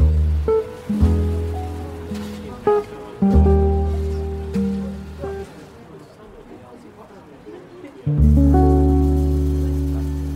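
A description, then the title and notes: Mellow café music plays at a beach spot, with soft bass and sustained chords struck every second or two. Around the middle the music thins and a soft rushing wash, like waves and faint chatter, comes through before a full chord returns near the end. Beach Cafe Ambience With Relaxing Coffee Shop Music, Ocean Waves, Soft Chatter.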